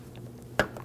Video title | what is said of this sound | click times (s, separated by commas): How to Replace Headlight Bulbs 2008-2011 Ford Focus | Snap that in. | 0.6 s